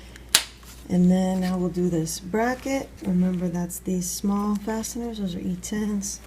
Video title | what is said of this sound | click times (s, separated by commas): Mercedes W163 ML500 ML350 Water Pump, Thermostat, Tensioner, Idler Pulley FULL DIY also M112, M113 | I forgot to put this cap on the idler pulley here that should just snap into place | 0.4 s